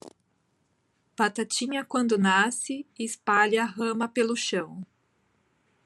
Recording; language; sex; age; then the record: short text; Brazilian Portuguese; female; 40 to 49 years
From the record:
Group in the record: control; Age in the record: 43 years